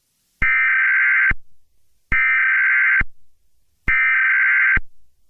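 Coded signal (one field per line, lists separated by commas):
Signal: Emergency Alert System (SAME) tones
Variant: header bursts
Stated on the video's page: Mock EAS scenario with valid EAS tones.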